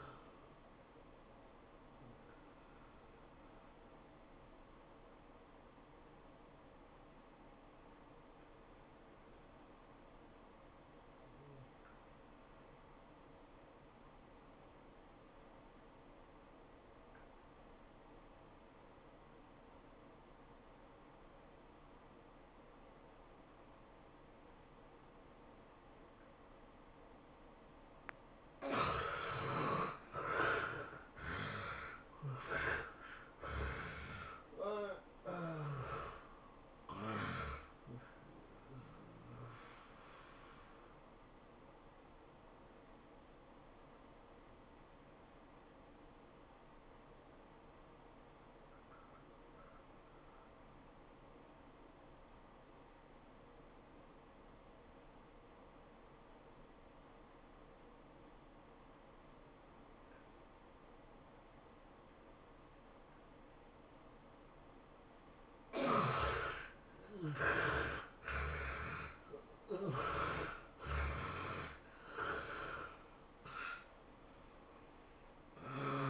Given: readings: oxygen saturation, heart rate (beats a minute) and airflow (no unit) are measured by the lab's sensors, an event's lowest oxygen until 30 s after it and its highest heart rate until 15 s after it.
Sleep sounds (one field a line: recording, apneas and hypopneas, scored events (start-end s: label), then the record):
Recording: breathing in sleep by a voice recorder at the bedside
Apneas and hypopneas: 2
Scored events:
6.00-29.90 s: obstructive apnea (N1, oxygen 94% highest, then 68% lowest, heart rate 93 at the start, 110 highest)
14.00-74.00 s: new sleep stage, N2 (light sleep)
52.00-68.30 s: obstructive apnea (N2, oxygen 92% highest, then 70% lowest, heart rate 93 at the start, 107 highest)
74.00-76.10 s: new sleep stage, N1 (lightest sleep)
From the record:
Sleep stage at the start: N1 (lightest sleep)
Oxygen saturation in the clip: 68 to 94%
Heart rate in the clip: 77 to 110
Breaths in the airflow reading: 7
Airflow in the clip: -17.1 to 15.8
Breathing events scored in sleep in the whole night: 403 in 5.5 hours asleep